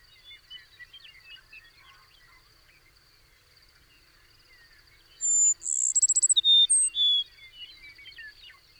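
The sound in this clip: Bird song, after several seconds of faint chirping a loud phrase bursts in with whistles, a quick trill and descending whistled notes.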